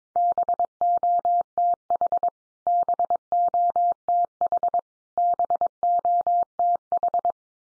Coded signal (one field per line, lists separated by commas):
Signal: Morse code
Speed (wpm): 22 wpm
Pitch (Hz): 700 Hz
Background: none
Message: BOTH BOTH BOTH